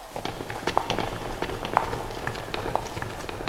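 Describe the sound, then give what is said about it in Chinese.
Several people's footsteps shuffle and tap in an uneven, overlapping rhythm, each step echoing faintly through a cave, with no talking. “山洞空洞，众人的脚步声一再回响，反显出静的可怕。”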